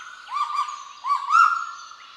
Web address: sound Kagu